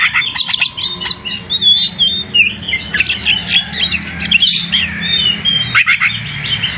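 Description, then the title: Oriental magpie-robin pouring out a continuous, varied song of quick whistles, slurred notes and scratchy trills, over a faint low hum. Bird singing vigorously (gacor); Tretes. "Kacer Tretes Gacor"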